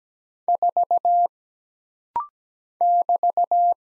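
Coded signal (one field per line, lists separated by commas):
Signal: Morse code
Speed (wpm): 17 wpm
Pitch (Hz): 700 Hz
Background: none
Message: 4 <BT>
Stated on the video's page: Rapid-fire single-character Morse practice at 17 wpm: letters, numbers, punctuation and prosigns for instant character recognition.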